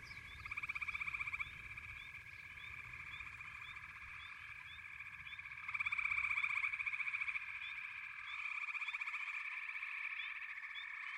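Frog chorus with a steady shrill trill and pulsing bursts that grow louder near six seconds, over a low rumbling background that stops a few seconds before the end.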